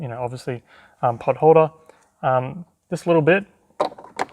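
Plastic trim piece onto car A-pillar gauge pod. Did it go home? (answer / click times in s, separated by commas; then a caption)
partly / 3.8 s, 4.2 s. Someone talks while a plastic trim piece is pressed onto the stock Nissan S15 Silvia A-pillar gauge pod, in front of the new e-boost boost controller gauge. Sharp clicks are heard at 3.8 s and 4.2 s as it clicks on. The piece does not fit properly because the gauge is longer than most, so it will need trimming.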